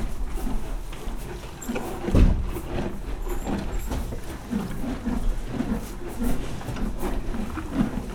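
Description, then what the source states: Horse in a stable: rustling of straw and hay with scattered low thumps, one louder thump early on, over a low background rumble. Horse in a stable on a farmyard while hay is put out.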